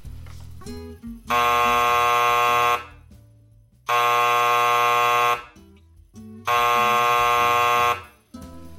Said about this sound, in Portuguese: Toca o sino aí que a nossa peça vai começar.